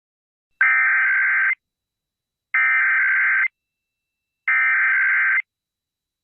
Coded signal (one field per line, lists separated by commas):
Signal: Emergency Alert System (SAME) tones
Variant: header bursts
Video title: EAS Scenario: Tornado Alley Death Trap 2